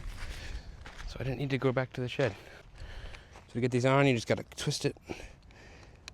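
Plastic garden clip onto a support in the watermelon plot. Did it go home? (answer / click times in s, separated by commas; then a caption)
no / none. A plastic garden clip, found on the ground near the watermelon plot, is being handled and twisted onto its support while someone talks, with a few faint handling ticks in the background. Nothing has clicked or seated yet by the end of the clip.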